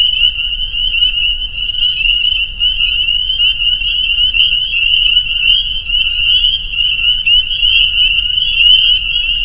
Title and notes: Peepers. the peeper pond on our friends' property in northern Vermont